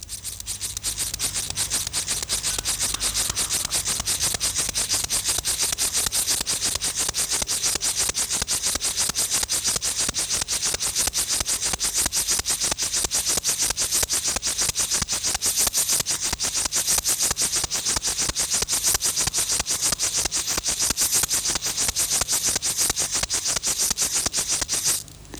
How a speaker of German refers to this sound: Damit ihr das in aller Ruhe machen könnt, lassen wir hier inzwischen die Feldheuschrecke nochmal singen.